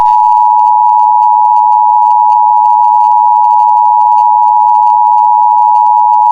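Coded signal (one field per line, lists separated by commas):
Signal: Emergency Alert System (SAME) tones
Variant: 853 and 960 Hz attention tone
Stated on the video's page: Fictional EAS scenario with valid EAS tones.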